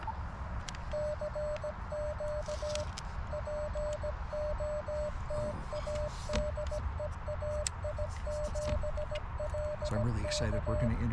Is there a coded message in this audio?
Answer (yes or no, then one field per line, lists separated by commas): yes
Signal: Morse code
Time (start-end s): 0.9-10.9 s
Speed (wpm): 17 wpm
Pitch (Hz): 600 Hz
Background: speech, music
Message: CQ POTA DE AI7LK